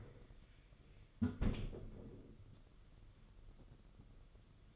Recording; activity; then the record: daily activity, microphone in the room; close fridge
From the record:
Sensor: 4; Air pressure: 995.2 hPa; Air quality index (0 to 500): 210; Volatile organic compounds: 219 ppm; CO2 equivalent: 4272 ppm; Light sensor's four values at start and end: 29/92/34/37 and 28/91/34/36